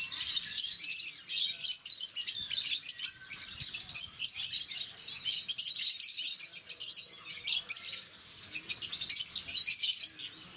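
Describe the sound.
Rosy-faced lovebird chatter: piercing, rapid chirps and squeals packed tightly together, rising and dipping in loudness with short gaps near the end.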